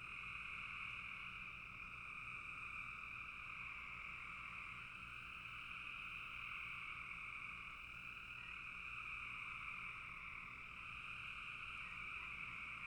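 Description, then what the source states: Many frogs calling together in a ceaseless trilling chorus, mid and higher pitches layered, steady in level with slight swells. Frogs in a bog.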